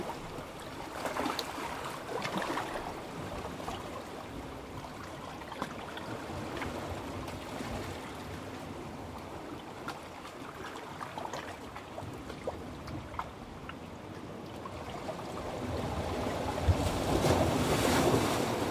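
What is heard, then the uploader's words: Seawater gurgles and sloshes steadily through a coastal hollow, with scattered splashes and drips, swelling louder and brighter near the end. Coastal Hollow - Fill and Drain. I sat on top of a big boulder and lowered my mics in for this track.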